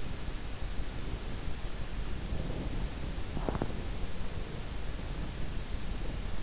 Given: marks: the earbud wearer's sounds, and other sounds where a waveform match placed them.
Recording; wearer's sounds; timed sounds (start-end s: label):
sounds in sleep by an in-ear microphone; teeth grinding
2.21-3.70 s: teeth grinding